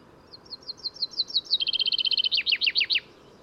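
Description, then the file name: Common chaffinch song: a series of high notes, a rapid rattling trill, then a loud closing flourish of four sharply falling notes. "Fringilla coelebs"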